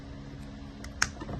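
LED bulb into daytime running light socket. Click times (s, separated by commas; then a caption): 1.0 s. A new LED daytime running light bulb is pushed into its socket in the front light housing of a Chevy Avalanche truck, replacing a blown bulb. Over a low steady hum, a faint tick comes at 0.8 s, then a sharp, bright snap at 1.0 s as the bulb seats. No one talks.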